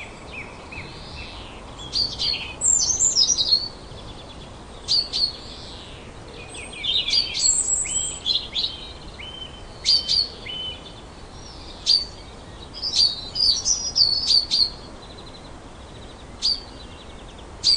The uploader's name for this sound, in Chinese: 知更鸟、鸫鹛和苍蝇